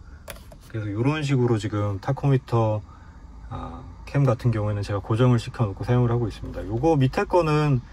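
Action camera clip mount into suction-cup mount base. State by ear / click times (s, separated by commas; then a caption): partly seated / 0.3 s. An action camera clip-type mount adapter is fitted into a non-original suction-cup mount base, and a short plastic tick is heard at 0.3 s as the parts engage. Someone talks throughout. Because the two parts' dimensions don't quite match, the clip stays slightly under-inserted and is not fully seated.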